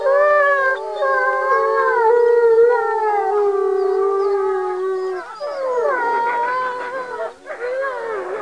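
Wolf: wolves howling, a long level howl held for about five seconds, then several higher rising and falling howls overlapping near the end.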